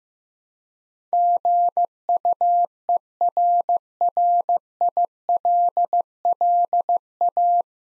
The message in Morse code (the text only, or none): GUERRILLA